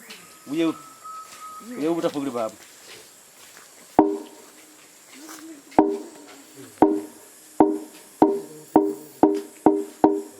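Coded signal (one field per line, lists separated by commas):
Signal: drum signal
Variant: garamut slit gong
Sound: a man speaks briefly, then about nine resonant hollow wooden drum strokes that steadily speed up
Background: speech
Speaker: now he's going to do another call in the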